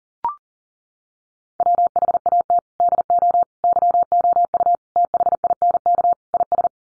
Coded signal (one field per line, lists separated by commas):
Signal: Morse code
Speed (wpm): 40 wpm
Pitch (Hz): 700 Hz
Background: none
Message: WHAT DO YOU THINK IS